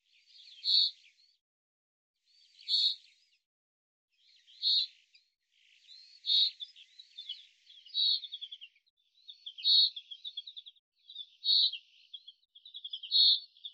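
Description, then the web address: Bird calling steadily with sharp chips that give way to rapid trilled, stuttering runs, repeated about every one and a half to two seconds. "birddata Deverinetal 2025 Bird"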